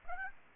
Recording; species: mosquito wingbeat signal from an infrared sensor; Aedes aegypti